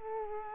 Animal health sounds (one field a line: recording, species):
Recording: mosquito wingbeat signal from an infrared sensor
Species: Culex quinquefasciatus